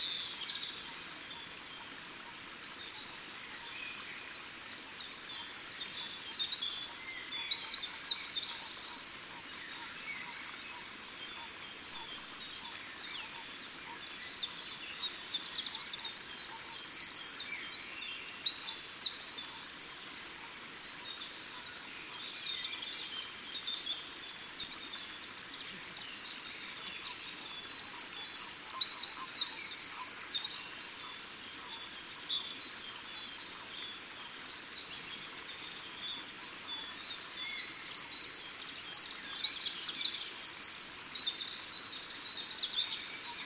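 Morning frogs call by a pond, their high, buzzing trills swelling in bursts of a few seconds that return roughly every ten to twelve seconds. Between bursts a steady outdoor hiss fills the air, with faint chirps scattered throughout.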